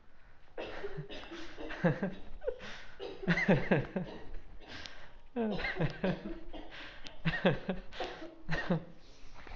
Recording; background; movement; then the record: laughter; a bystander coughing; walking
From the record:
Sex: male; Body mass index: 20.5 kg/m2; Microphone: on the chest, facing outward